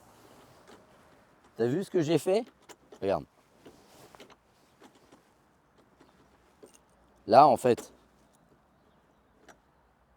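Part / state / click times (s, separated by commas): steering lock bolt engaging the scooter's steering column / not seated / none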